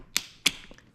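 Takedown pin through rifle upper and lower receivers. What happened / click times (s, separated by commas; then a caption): The pin clicked home / 0.2 s. A takedown pin joining a rifle's upper and lower receivers is pushed in until it clicks home and seats, with a sharp click at 0.2 s. A second, slightly louder sharp click follows at 0.5 s, and a faint tick comes near 0.8 s.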